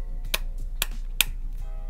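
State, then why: Seated. A plastic football visor is pushed into its mounting on the helmet, giving three sharp clicks at 0.4 s, 0.8 s and 1.2 s, each louder than the last. The visor ends up completely installed and snug.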